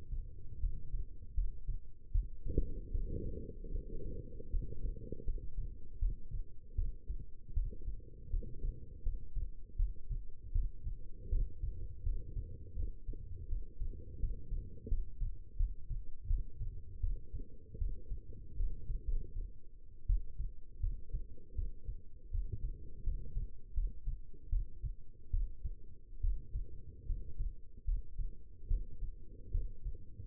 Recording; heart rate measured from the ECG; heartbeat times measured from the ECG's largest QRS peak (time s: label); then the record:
heart sounds by stethoscope; 79 bpm
0.59 s: heartbeat
1.34 s: heartbeat
2.11 s: heartbeat
2.91 s: heartbeat
3.71 s: heartbeat
4.50 s: heartbeat
5.24 s: heartbeat
5.99 s: heartbeat
6.75 s: heartbeat
7.53 s: heartbeat
8.30 s: heartbeat
9.02 s: heartbeat
9.76 s: heartbeat
10.52 s: heartbeat
11.29 s: heartbeat
12.02 s: heartbeat
12.75 s: heartbeat
13.48 s: heartbeat
14.19 s: heartbeat
14.88 s: heartbeat
15.57 s: heartbeat
16.27 s: heartbeat
17.00 s: heartbeat
17.78 s: heartbeat
18.56 s: heartbeat
19.06 s: heartbeat
20.06 s: heartbeat
20.80 s: heartbeat
21.55 s: heartbeat
22.30 s: heartbeat
23.03 s: heartbeat
23.73 s: heartbeat
24.49 s: heartbeat
25.30 s: heartbeat
26.20 s: heartbeat
27.06 s: heartbeat
27.84 s: heartbeat
28.67 s: heartbeat
29.51 s: heartbeat
From the record:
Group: healthy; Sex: female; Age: 22 years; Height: 171 cm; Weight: 65.6 kg